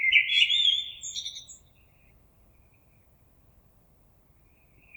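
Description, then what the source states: Common blackbird song: one mellow warbled phrase ending in a thin, high twitter, then quiet for the rest. On 26 April 2022.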